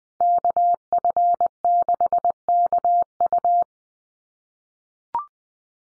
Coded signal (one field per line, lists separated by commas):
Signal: Morse code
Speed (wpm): 20 wpm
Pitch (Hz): 700 Hz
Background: none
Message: KF6KU